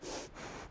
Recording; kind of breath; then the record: one breath in and out by a microphone near the nose and mouth; strong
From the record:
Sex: female